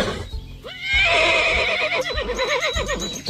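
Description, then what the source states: Horse neighing: a loud harsh whinny that breaks into a rapid wavering, quavering series of pulses. Played back as a quiz sound; a horse neighing.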